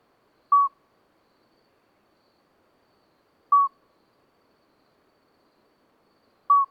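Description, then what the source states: Common midwife toad singing clear, pure piping notes, each short and even-pitched, repeated about every three seconds in a quiet night. Two toads singing through the night until dawn, 13 May 2020, Lesches-en-Diois, after two days of rain with dripping vegetation; recorded on a Nagra Seven with an MKH40 microphone.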